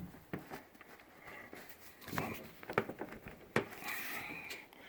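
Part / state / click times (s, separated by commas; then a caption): blower nozzle tube into leaf blower body / not seated / none. A plastic nose tube is pushed and twisted onto the body of a RYOBI cordless leaf blower, making short plastic knocks and scrapes around 0.3, 2.2, 2.8 and 3.6 seconds. It has not clicked or locked in; it only looks locked, and a pull test shows it is not.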